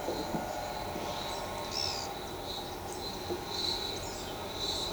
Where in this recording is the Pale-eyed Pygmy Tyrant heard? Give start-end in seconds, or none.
1.70-2.08